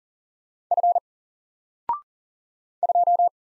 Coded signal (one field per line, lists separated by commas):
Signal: Morse code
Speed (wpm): 40 wpm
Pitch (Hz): 700 Hz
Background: none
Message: F 2